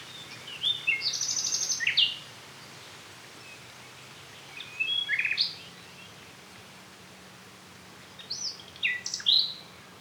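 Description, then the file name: Common nightingale singing in three separate phrases about every three to four seconds, each a short mix of buzzy rattles and clear whistled notes, over a low steady hum. "Luscinia megarhynchos"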